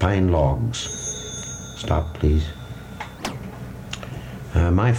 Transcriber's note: telephone rings